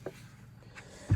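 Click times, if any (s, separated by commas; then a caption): none. The fridge door of a 2022 Benivan 144 camper van kitchen unit is handled toward closing, pushed firmly so its latch will catch, because a badly closed door let the freezer ice up. A brief soft tap is heard near 0.1 s, then quiet low hum, then a louder dull low thump at the very end around 1.1 s. The latch has not clicked shut yet; nothing has seated.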